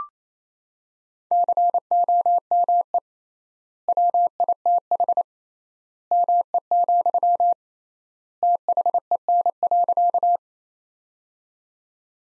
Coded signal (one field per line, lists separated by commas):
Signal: Morse code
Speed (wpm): 28 wpm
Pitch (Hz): 700 Hz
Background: none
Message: COME WITH ME, THEN.